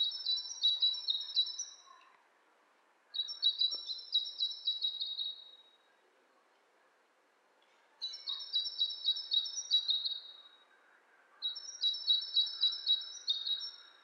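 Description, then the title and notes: Bird chatter: four bursts of fast, high, rattling notes, each about two seconds long, alternating with short quiet gaps. Two birds interacting; lo-fi recording. "bird dialogs. lo-fi recording of two birds interacting"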